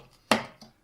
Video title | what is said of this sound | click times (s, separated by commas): Loading 120mm and 35mm film into a developing tank........BLINDFOLDED! | hear the click that's fully light sealed and | 0.3 s